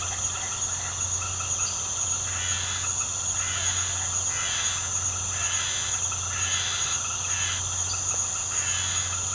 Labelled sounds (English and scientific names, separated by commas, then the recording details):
none
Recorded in secondary vegetation near Puerto Asís, Putumayo, Colombia, on 24 March 2025 at 19:30
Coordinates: 0.468, -76.324
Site G059